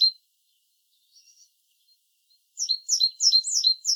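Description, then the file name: Great tit with a few faint high notes, then a quick run of sharp, slightly slurred calls near the end. "Parus major"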